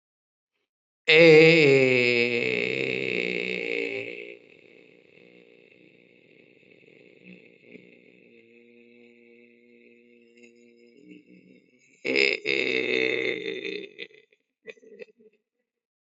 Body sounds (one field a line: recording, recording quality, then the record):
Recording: sustained vowel as in made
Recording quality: excellent, no background noise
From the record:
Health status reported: healthy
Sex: male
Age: 34 years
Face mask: not worn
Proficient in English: yes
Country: India